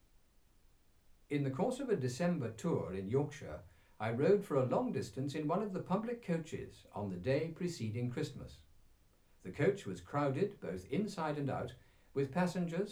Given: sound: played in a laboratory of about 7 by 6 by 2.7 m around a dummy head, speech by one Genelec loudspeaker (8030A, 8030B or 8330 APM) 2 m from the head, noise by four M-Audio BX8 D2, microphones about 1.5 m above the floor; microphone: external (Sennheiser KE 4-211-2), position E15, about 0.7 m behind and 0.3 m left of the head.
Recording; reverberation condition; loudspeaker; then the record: male speech in English; low; 30 degrees to the left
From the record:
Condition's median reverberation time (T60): about 310 ms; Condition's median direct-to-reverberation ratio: about 3.5 dB